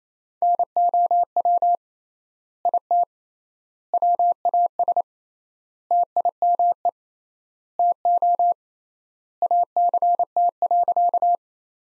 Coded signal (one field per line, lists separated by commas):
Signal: Morse code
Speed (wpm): 28 wpm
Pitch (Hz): 700 Hz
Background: none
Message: NOW IT WAS TIME TO ACT.